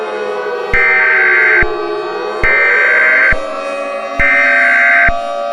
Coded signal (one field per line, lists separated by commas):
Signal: Emergency Alert System (SAME) tones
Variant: header bursts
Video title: EAS Scenario #9: Light's Rampage pt III: The Best Part?